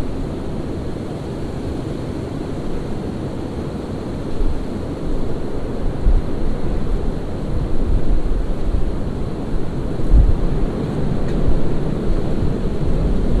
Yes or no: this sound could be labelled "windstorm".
yes